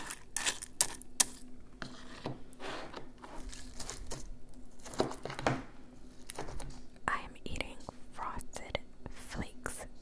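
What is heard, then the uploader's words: Cereal is handled, with sharp crisp crackles and clicks arriving in quick irregular bursts across the whole clip. The loudest snaps come in the first second or so, followed by softer rustling and scattered taps over a faint low steady hum. CEREAL ASMR.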